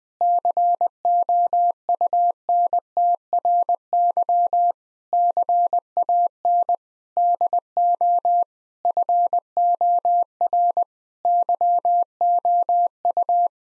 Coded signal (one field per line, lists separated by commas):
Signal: Morse code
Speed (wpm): 20 wpm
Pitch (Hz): 700 Hz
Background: none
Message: COUNTRY CAN DO FOR YOU